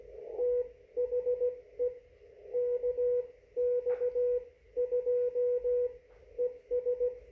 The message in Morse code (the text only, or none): THE KX2 ES